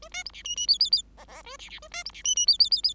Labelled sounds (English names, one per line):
Bengalese Finch song